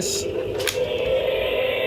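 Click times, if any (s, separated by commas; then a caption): 0.7 s. Someone talks while lifting the head of a plastic Jurassic World Rebirth Track N Chomp Distortus Rex toy dinosaur, raising its jaw until the chomping mechanism locks into place. A short, sharp click is heard at 0.7 s, and the jaw mechanism is seated in its locked position.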